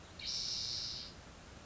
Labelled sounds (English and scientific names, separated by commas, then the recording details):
Spotted Towhee (Pipilo maculatus)
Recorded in Sonoma County, California